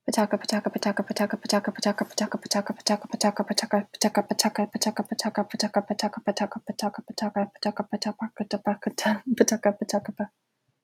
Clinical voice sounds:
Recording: repeated syllables /pa ta ka/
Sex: female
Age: 20 to 29 years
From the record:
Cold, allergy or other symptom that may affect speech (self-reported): no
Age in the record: 23 years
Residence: Connecticut, United States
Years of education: 16

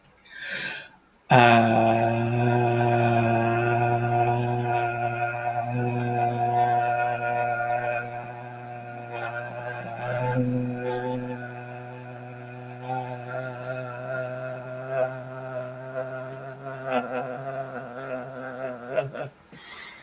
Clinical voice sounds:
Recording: vowel held as long as possible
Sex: male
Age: 50 to 59 years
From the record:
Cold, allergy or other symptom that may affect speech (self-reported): no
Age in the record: 59 years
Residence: Oregon, United States

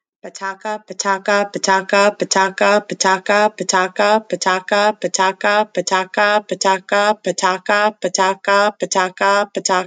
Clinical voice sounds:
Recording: repeated syllables /pa ta ka/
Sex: female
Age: 30 to 39 years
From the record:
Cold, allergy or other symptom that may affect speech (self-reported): no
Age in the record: 35 years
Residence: Arizona, United States

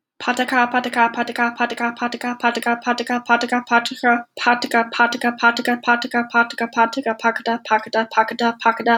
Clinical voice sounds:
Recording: repeated syllables /pa ta ka/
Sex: female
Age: 20 to 29 years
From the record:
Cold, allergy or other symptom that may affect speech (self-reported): no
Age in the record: 22 years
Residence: Massachusetts, United States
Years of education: 17

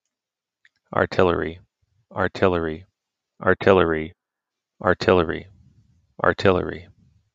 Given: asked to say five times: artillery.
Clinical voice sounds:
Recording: repeated word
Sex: male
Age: 30 to 39 years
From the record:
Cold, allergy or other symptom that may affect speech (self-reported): no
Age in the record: 39 years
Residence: United States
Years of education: 18

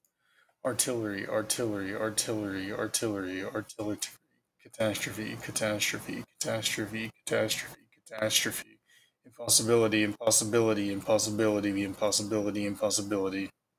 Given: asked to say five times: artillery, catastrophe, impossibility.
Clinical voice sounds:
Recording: three words, each repeated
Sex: male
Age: 20 to 29 years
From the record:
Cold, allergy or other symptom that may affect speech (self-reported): no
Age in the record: 24 years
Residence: Texas, United States

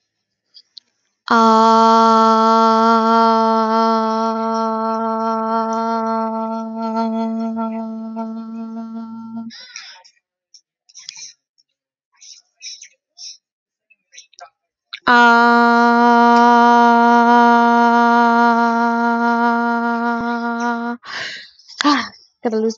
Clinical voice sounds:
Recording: vowel held as long as possible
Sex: female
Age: 20 to 29 years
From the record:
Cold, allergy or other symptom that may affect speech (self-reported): no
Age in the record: 25 years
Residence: Arizona, United States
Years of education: 12

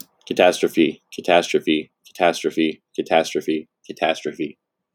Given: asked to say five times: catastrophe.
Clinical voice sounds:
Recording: repeated word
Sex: male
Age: 20 to 29 years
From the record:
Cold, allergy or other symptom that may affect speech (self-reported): no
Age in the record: 25 years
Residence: Ohio, United States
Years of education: 17

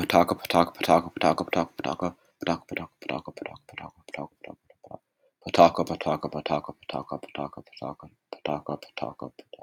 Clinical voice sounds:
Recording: repeated syllables /pa ta ka/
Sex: male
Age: 20 to 29 years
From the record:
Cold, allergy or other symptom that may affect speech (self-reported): no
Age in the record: 24 years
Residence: Virginia, United States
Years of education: 15

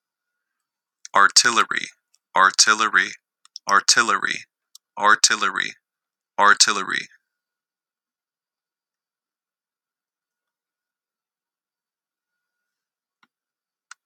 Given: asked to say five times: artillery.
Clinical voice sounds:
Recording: repeated word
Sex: male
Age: 20 to 29 years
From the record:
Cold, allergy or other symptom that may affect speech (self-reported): no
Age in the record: 28 years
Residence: Indiana, United States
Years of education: 13

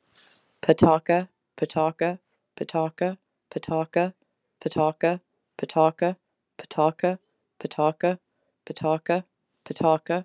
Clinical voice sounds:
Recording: repeated syllables /pa ta ka/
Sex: female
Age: 30 to 39 years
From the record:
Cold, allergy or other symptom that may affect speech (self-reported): no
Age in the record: 39 years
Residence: Alabama, United States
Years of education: 12

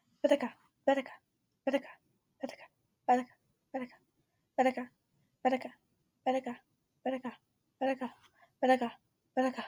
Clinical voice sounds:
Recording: repeated syllables /pa ta ka/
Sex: female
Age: 20 to 29 years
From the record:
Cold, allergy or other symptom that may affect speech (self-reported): no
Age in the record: 23 years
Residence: Illinois, United States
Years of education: 15

